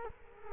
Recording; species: mosquito wingbeat signal from an infrared sensor; Culex quinquefasciatus